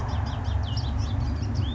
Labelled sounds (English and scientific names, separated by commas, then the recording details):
House Finch (Haemorhous mexicanus)
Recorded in Sonoma County, California